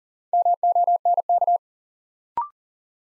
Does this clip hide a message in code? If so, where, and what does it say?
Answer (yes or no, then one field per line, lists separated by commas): yes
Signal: Morse code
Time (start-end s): 0.3-1.6 s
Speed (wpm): 39 wpm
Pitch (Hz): 700 Hz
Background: none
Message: MONK